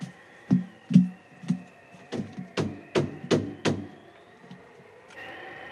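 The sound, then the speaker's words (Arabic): Someone knocks on the wooden door of a monastery, the Monastery of the Mountain, about ten hard thuds: three slow, evenly spaced raps, then a quicker, insistent run of knocks. No voices accompany them. “من يطرق الباب؟ وما شأنك؟”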